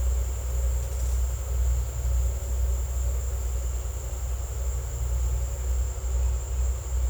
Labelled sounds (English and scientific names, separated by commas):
none